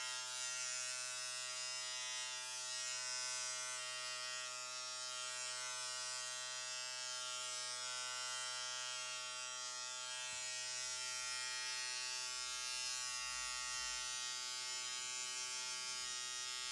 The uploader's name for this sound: Hair Clipper and Scissor Sounds